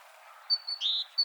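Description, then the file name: Great tit produces two short high whistled notes followed by a chirp and another thin whistle, brief and clear over light hiss. "Parus major"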